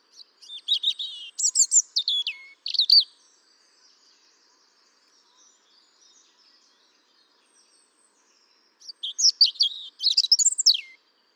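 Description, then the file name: European robin song in two bursts: tumbling high, thin trills and whistles, a pause of about six seconds, then a second similar cascading phrase. "Erithacus rubecula"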